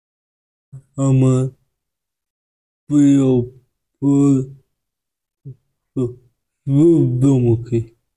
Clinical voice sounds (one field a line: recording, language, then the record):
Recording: elicited speech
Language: Bengali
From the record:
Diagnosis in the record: Broca's or global aphasia after a stroke